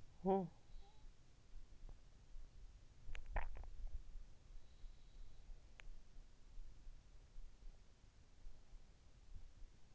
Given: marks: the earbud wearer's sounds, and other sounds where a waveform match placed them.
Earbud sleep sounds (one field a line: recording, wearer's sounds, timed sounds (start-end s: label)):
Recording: sounds in sleep by an in-ear microphone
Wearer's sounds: talking in sleep, swallowing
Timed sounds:
0.00-1.09 s: talking in sleep
2.71-4.06 s: swallowing